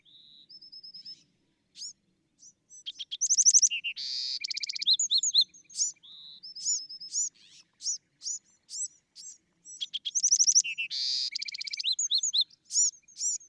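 Bewick's wren delivering two full songs, each with whistled opening notes, a burst of harsh buzzy trills and bright slurred chips, separated by scattered high notes.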